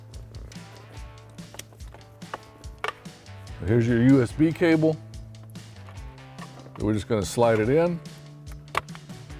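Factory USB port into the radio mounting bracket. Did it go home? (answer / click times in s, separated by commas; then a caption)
yes / 8.8 s. A stock USB port for a 2015-2022 Mustang is slid into the bottom of the radio mounting bracket during an OE-style radio upgrade, with music playing underneath while someone talks. Small handling taps are heard before a sharp click at 8.8 s as the USB port seats in the bracket.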